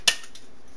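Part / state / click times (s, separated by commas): plastic retention clip on a part inside a desktop computer / released / 0.1 s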